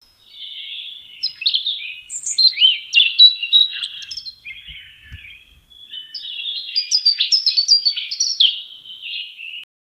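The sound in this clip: Bird singing a fast, high, twittering warble of chirps and trills in two long phrases separated by a short pause.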